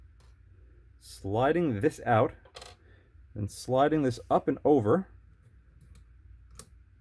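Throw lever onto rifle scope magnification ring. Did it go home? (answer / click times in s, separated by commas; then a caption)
yes / 6.6 s. Someone talks while an ARKEN throw lever is slid out and then up and over the magnification ring of a rifle scope. At 6.6 s a sharp click is heard as the lever snaps into position and locks snugly onto the ring.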